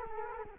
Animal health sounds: mosquito wingbeat signal from an infrared sensor; Culex quinquefasciatus

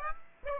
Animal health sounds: mosquito wingbeat signal from an infrared sensor; Aedes aegypti

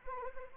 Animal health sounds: mosquito wingbeat signal from an infrared sensor; Anopheles arabiensis

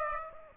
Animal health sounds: mosquito wingbeat signal from an infrared sensor; Aedes aegypti

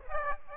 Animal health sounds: mosquito wingbeat signal from an infrared sensor; Aedes aegypti

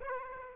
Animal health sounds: mosquito wingbeat signal from an infrared sensor; Aedes aegypti

